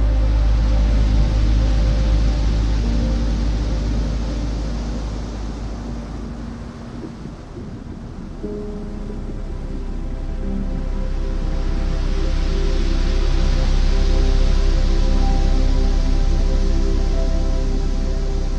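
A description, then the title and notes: Soft, sustained piano notes hold and shift slowly over a steady wash of ocean waves. The surf swells gently, easing down near the middle and rising again after about ten seconds, while a low rumble stays constant underneath throughout. Calm Piano Music, and Ocean Waves.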